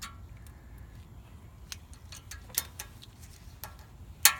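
A new metal brake pad retaining pin is pushed into a brake caliper, with faint light ticks and taps along the way. It pops into place with a sharp, loud click at 4.3 s and is seated.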